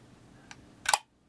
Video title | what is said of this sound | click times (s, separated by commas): Two Types of Calipers Golden Mean Calipers and AMCreatures Calipers | love the way that snaps in place. | 0.9 s